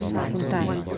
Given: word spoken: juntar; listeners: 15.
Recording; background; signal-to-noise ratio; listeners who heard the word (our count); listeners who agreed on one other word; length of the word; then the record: one Spanish word in noise, from a listening test; eight-talker babble; -2.7 dB; 0 of 15; 6 of 15; 0.58 s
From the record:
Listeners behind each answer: 6, 3, 1, 1, 1, 1, 1, 1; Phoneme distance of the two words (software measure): 44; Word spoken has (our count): 2 syllables, 6 phonemes, stress on syllable 2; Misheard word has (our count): 3 syllables, 8 phonemes, stress on syllable 3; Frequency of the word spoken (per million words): 3.70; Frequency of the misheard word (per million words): 38.90